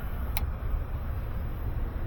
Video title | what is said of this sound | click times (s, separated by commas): Always inspect spark plug wire for resistance before a Tune-up | I clicked that in I'm gonna have to take it back out again | 0.4 s